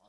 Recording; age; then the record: pig call; piglet (1 to 25 days)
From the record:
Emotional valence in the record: positive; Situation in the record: short reunion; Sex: male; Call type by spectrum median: low-frequency call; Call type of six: low-frequency stable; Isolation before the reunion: 3 minutes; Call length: 0.09 s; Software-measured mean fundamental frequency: 45 Hz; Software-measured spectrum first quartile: 652 Hz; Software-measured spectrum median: 1153 Hz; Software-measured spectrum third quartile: 5606 Hz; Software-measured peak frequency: 624 Hz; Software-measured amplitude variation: 47 dB a second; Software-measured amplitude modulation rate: 11.4 a second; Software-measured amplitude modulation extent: 4.2 dB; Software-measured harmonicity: 0.4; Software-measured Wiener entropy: -2.59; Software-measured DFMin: 1007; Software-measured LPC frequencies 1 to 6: 682, 1026, 3278, 3780, 5217, 6007 Hz